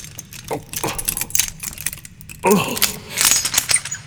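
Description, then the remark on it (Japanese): Small metallic clicks, scrapes and rattles come in quick, irregular bursts as a piece of wire picks a lock until it opens, with a brief low thud and some faint voice-like sounds mixed in. “どうだい、兄ちゃんの手にかかれば開かない鍵なんてないんだよ。”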